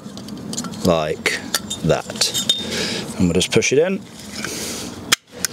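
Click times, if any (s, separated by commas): 5.1 s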